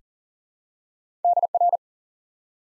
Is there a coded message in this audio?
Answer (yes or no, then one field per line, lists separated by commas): yes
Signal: Morse code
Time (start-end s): 1.2-1.8 s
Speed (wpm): 40 wpm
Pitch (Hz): 700 Hz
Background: none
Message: DR